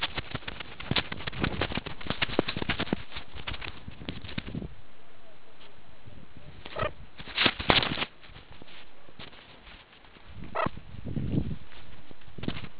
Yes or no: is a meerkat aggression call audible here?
no